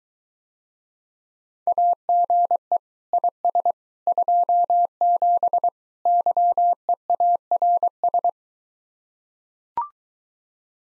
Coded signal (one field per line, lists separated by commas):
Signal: Morse code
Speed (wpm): 24 wpm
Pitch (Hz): 700 Hz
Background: none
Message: AGE IS 27 YEARS